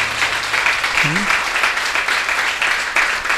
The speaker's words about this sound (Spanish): Si está agradecido con el Señor, ¿por qué no le regala una ofrenda de palmas al Señor en esta tarde?